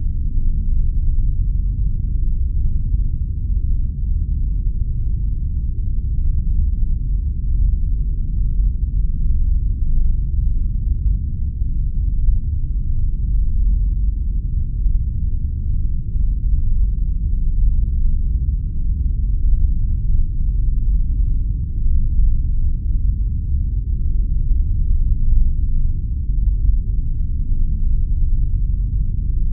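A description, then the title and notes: A spaceship ambience made of a deep, steady rumble that holds at one level for the full half minute. The sound sits entirely in the low range, dark and muffled, with only a faint grainy flutter inside the drone and no separate events. Immersive Spaceships ambience sounds. Sound-designed and edited by Vlad O.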